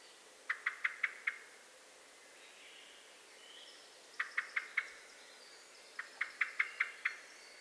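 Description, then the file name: Eurasian blackbird call: three rapid bursts of four to six hard, clicking chink notes, with faint soft warbling between bursts. "Turdus merula"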